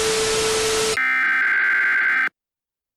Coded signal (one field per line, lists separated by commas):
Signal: Emergency Alert System (SAME) tones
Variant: header bursts